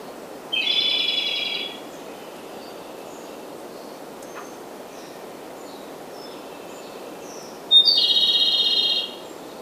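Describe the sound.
Japanese robin with two trilled song phrases some seven seconds apart, each a fast trill; quiet chirps and steady background hiss between.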